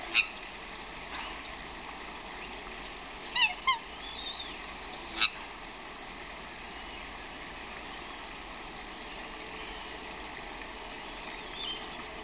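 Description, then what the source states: Swans, a few short squawks: one early, a pair near the middle, then one more, followed by steady background noise only. Swans squawking outdoors.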